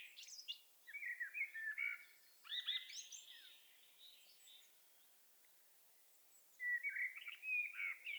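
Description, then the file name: Common blackbird warbling in short bursts of mellow whistled notes with scratchy high flourishes, then silence before a final fluted phrase. "Turdus merula"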